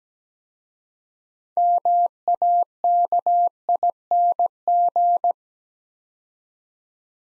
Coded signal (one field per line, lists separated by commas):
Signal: Morse code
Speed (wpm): 17 wpm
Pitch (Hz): 700 Hz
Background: none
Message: MAKING